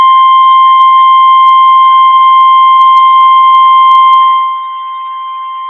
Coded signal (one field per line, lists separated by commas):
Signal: Emergency Alert System (SAME) tones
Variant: 1050 Hz attention tone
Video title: EAS Required Weekly Test KDO89 St. Louis Missouri 6/7/22 EAS#225